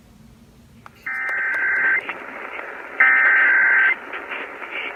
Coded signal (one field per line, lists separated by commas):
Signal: Emergency Alert System (SAME) tones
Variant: header bursts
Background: speech